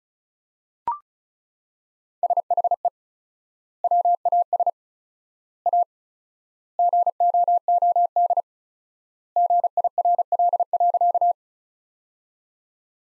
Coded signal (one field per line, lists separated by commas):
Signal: Morse code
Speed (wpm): 36 wpm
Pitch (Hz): 700 Hz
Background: none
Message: SHE WAS A GOOD GIRL.